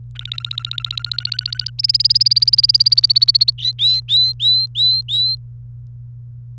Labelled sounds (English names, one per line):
Domestic Canary song